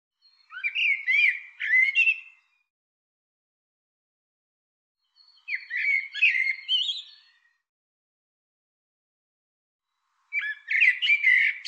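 Bird calling in three bursts of twittering, warbled notes with rising and falling slurs, separated by long silent gaps of about three to four seconds.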